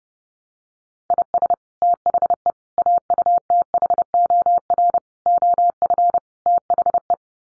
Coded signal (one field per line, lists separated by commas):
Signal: Morse code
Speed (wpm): 30 wpm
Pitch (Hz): 700 Hz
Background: none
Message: IS THE AUTHOR OF THE